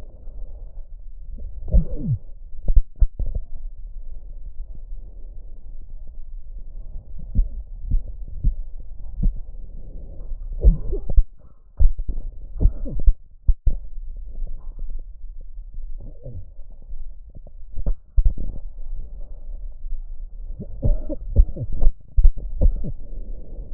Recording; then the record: lung sounds by stethoscope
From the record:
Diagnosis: chronic bronchitis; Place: left posterior upper chest